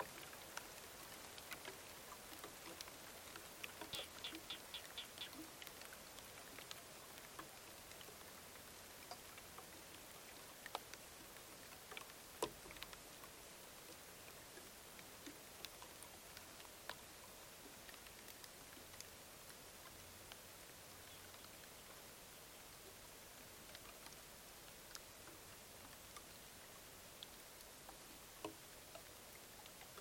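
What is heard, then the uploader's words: Rain falls on the branches of a dead mopane tree in the Namib desert, a steady, dense hiss with a bright edge that holds for the full thirty seconds. Sharper individual drops tick through it, with a louder knock around twelve seconds. Rain falling on the branches of a dead mopane tree in the Namib desert. Recorded with Sony PCM D10 and a pair of Lom mikroUsi microphones taped to the dry branches.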